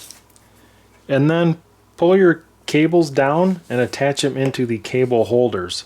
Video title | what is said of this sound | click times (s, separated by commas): COSTCO Gaming/Office Chair DPS...Assembly-Review-side by side comparison | and that's going to go right in here like this and it will click into place | 0.1 s